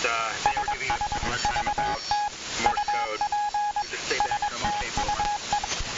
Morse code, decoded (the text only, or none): SS VT UP STU E